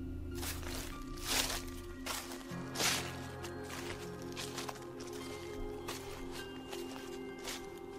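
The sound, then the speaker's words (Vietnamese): Heavy footsteps, seemingly of an obese person weighing about 100 kg, thud from outside in an uneven series of dull, weighty steps, some louder than others, over a low steady droning hum with no voices. “Hàng loạt những tiếng bước chân từ bên ngoài vọng vào.”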